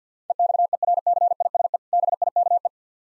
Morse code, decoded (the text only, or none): EXERCISE BIKE